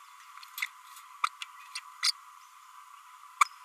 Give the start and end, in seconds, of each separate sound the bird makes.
0.62-0.66, 1.23-1.26, 1.75-1.77, 2.02-2.12, 3.40-3.44